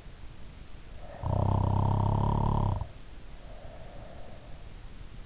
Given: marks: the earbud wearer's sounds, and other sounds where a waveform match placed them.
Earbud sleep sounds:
sounds in sleep by an in-ear microphone; snoring breath
0.92-4.75 s: snoring breath

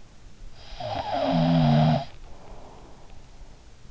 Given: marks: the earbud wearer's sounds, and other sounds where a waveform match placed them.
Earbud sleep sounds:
sounds in sleep by an in-ear microphone; snoring breath
0.37-3.34 s: snoring breath

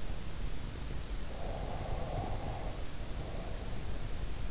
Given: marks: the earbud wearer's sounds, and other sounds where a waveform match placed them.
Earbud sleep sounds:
sounds in sleep by an in-ear microphone; breath
1.36-3.91 s: breath

